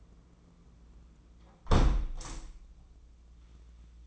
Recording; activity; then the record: daily activity, microphone in the room; close window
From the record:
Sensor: 1